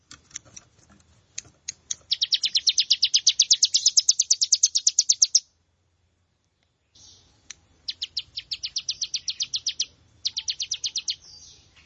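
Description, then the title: Plain prinia song: a few scattered clicks, then a long rapid run of high buzzy notes, a pause, a shorter run, and a brief final burst. "Ciblek Sawah"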